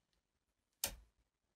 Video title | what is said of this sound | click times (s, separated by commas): Deep sky prime focus astro-photography | rotate it clockwise you should both hear and feel it click when it's engaged so | 0.8 s